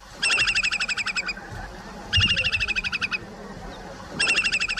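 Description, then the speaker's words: Slender-billed curlew song in three bursts of rapid, evenly repeated piping notes, each burst about a second long and repeated roughly every two seconds. Played example; one of the most recently extinct bird species, last seen in 1995 and declared extinct in 2025. "ahora mismo lo que están escuchando es el canto del zarapito picofino"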